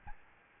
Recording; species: mosquito wingbeat signal from an infrared sensor; Aedes albopictus